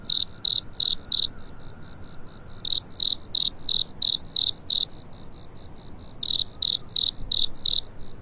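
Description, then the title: Cricket chirps, bright and high, come in runs of loud pulses about three a second, broken by stretches of quieter, fainter chirping. Cricket awakening on a spring night. "春夜里苏醒的蟋蟀"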